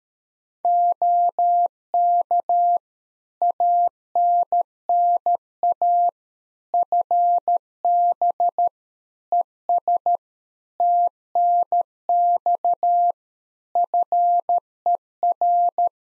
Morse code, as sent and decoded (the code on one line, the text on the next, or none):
--- -.- / .- -. -. .- / ..-. -... / . ... / - -. -..- / ..-. . .-.
OK ANNA FB ES TNX FER